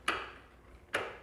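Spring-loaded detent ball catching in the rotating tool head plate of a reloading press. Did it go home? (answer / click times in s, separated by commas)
yes / 0.1 s, 1.0 s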